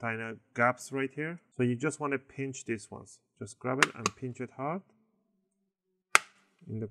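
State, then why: Seated. Someone talks while gaps in the plastic bottom cover of an HP 14 laptop are pinched hard by hand. A sharp snap is heard at 6.2 s as the clip seats into the chassis and the gap closes, followed by more talk.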